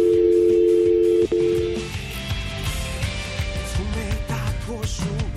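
A steady, low-pitched telephone tone hums for about two seconds as a listener calls into a radio show's anonymous confession segment, broken by a sharp click as the call connects, followed by a busier line full of faint murmuring and warbling sounds.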